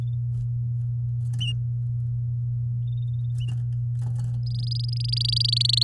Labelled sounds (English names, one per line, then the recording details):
Domestic Canary song
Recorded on 8 May 2018 at 13:22
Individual llb16